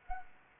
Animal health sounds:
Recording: mosquito wingbeat signal from an infrared sensor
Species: Anopheles gambiae

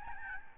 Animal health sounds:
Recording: mosquito wingbeat signal from an infrared sensor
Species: Aedes albopictus

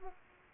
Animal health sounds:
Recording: mosquito wingbeat signal from an infrared sensor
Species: Aedes aegypti

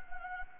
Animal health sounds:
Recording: mosquito wingbeat signal from an infrared sensor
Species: Anopheles gambiae

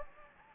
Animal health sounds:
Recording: mosquito wingbeat signal from an infrared sensor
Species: Anopheles gambiae

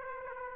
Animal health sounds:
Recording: mosquito wingbeat signal from an infrared sensor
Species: Aedes aegypti

